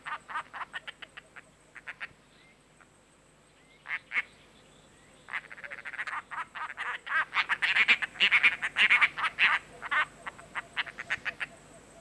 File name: tengkek buto glaucurus